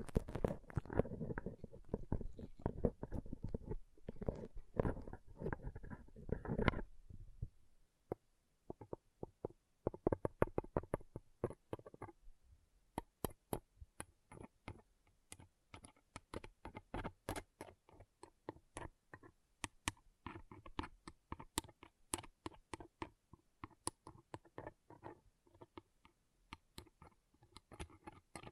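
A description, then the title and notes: Pom pom tingles: soft, dense crackling and rustling for the first seven seconds, then a near-quiet stretch with sparse light clicks. From about thirteen seconds on, quick irregular crisp ticks and scratches return, fairly steady, like rapid tapping. ASMR Ultimate Pom Pom Tingles (No Talking).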